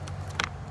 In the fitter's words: Put this guy back on. That'll click.